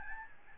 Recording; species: mosquito wingbeat signal from an infrared sensor; Aedes albopictus